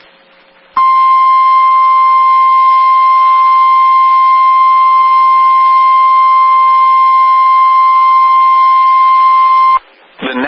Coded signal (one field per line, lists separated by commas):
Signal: Emergency Alert System (SAME) tones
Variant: 1050 Hz attention tone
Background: speech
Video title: Wisconsin Severe Storm Outbreak (EAS #955-970) 7/28/21